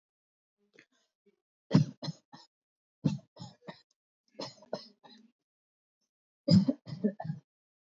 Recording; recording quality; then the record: shallow voluntary cough; excellent, no background noise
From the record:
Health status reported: healthy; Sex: male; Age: 27 years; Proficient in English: yes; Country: India